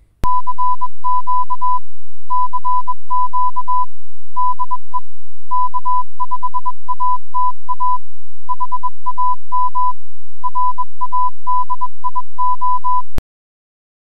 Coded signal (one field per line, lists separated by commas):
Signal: Morse code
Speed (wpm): 21 wpm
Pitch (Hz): 1000 Hz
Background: music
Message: CQ CQ DE K5ATA HAM RADIO